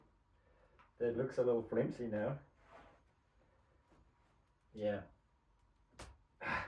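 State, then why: Seated. A panel is pressed into the frame of a tier of a plastic and wire Hatching Time 5-tier quail layer cage during assembly while someone talks. A short sharp click is heard at 6.0 s as the panel clips into the frame and is seated.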